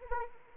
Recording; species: mosquito wingbeat signal from an infrared sensor; Anopheles arabiensis